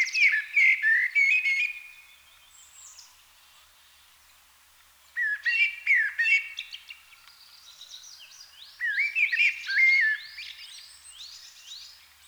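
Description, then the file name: Common blackbird singing: mellow fluted warbles, each phrase ending in thin high twittering, three phrases separated by pauses. "Turdus merula"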